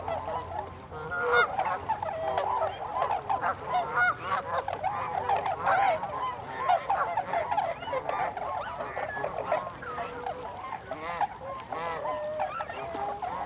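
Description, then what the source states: Tundra swans calling as a flock, a dense overlapping chorus of nasal, hooting notes with a low hum early on. Several tundra swans, recorded on 26 December 2020.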